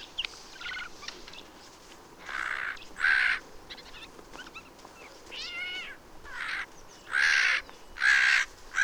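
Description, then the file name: Eurasian jay uttering rasping, grating screeches in short runs, mixed with softer wavering nasal notes between them. "Garrulus glandarius"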